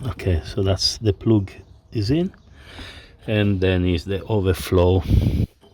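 On a 2016 Fiat 500X 1.6 petrol during a coolant thermostat replacement, the coolant overflow hose quick connector is being handled before being pushed onto the thermostat housing spigot until it clicks. Someone talks throughout, with no sharp transients. The clip ends before the part goes home, so nothing has seated or clicked yet.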